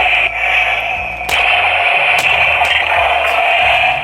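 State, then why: Not seated. A non-matching plastic blade is twisted onto a Hasbro Star Wars Power Crystal toy lightsaber hilt over a steady electronic hum with tonal bands, broken by a few brief broadband bursts near 1.3, 2.2 and 2.7 seconds. The blade goes on, but nothing clicks into place.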